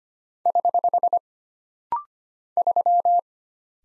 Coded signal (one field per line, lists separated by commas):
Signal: Morse code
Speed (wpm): 25 wpm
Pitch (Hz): 700 Hz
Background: none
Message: <HH> 3